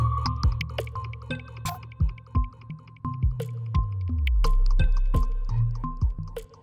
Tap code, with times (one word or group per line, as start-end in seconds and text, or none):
none